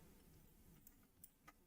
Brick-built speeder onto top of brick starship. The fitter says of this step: Fairly fairly difficult to try and click that in. And there you go.